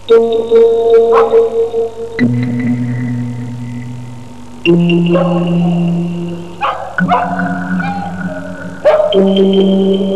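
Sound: dogs howling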